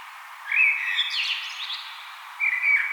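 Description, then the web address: Common blackbird singing one fluty whistled phrase followed by a scratchy high twitter, then the next mellow phrase begins. "vogelstimmen amsel gesang nabu lars lachmann"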